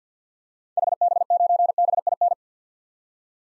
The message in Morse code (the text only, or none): HB9BIN